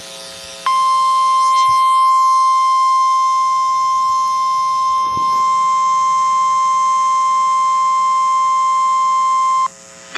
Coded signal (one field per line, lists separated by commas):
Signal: Emergency Alert System (SAME) tones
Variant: 1050 Hz attention tone